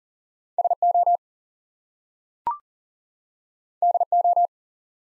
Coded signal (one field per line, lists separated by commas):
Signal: Morse code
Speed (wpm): 39 wpm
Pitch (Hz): 700 Hz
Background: none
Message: SO DO